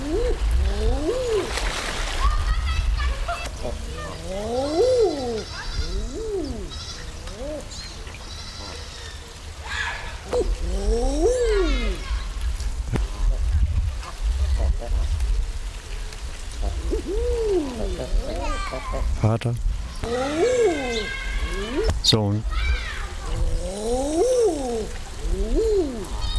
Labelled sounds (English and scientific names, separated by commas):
Mallard (Anas platyrhynchos) call